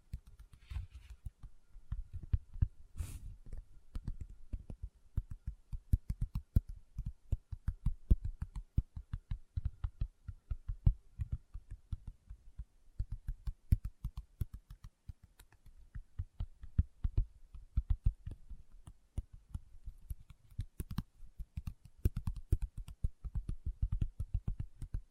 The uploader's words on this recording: ASMR Close Up Paper Sounds - Folding, Scratching, Rubbing, Crinkle (No Talking).